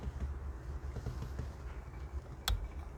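A click-type torque wrench set to 35 ft-lb tightens the steering wheel nut on a 2013 Toyota Prius C during a clock spring replacement. Soft, low mechanical ticks and rumble from the tightening are followed by a sharp, bright click at 2.5 s as the wrench reaches its setting, confirming the nut is torqued.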